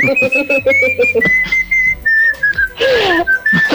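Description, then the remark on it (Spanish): A person whistles a song melody, holding long, clear high notes that glide smoothly between pitches, with a few short breathy bursts and a low hum underneath. “Voy a silbar, a pesar de que señorita Grey no le gusta”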